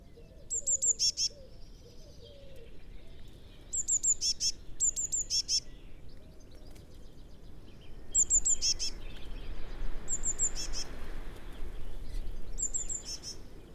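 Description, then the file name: Eurasian blue tit calling in repeated short phrases of high, thin notes ending in brief buzzy elements, over steady low rumbling background noise. "Cyanistes caeruleus"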